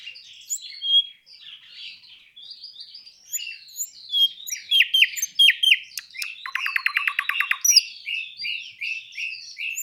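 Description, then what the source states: Nightingale song with soft warbled notes building into sharp whistles, then a fast metallic trill and a string of repeated notes. Recorded 26 April 2012.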